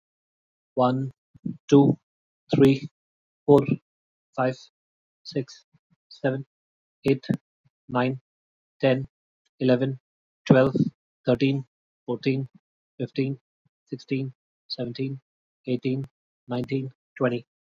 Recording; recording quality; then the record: counting at a normal pace; excellent, no background noise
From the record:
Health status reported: healthy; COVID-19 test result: not tested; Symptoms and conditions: cold, fatigue, muscle pain, loss of smell and taste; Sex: male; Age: 39 years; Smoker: not ticked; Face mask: not worn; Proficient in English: yes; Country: India